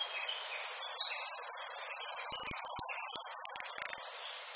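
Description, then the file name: Asian stubtail song, a very high, thin, insect-like hissing trill that swells steadily louder over about four seconds, then fades. "yabu"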